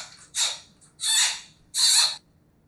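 Giant panda newborn squeals: three harsh, high, noisy cries, each about half a second long, with short gaps between them.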